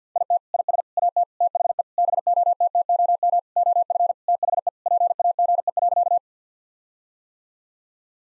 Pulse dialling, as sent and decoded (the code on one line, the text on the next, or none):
none